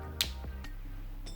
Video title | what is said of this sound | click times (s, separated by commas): HOW TO CHANGE AN INSULIN PUMP INFUSION SET- Come Cambiare Il Set di Infusione - MyLife YpsoPump | so se l'avete sentito, erano 2 clic. | 0.2 s, 0.6 s